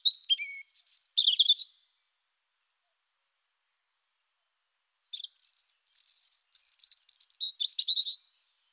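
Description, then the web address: European robin song: a short burst of high warbled notes, a pause of about three and a half seconds, then a longer rippling phrase of fast high trills. "annee nature rougegorge"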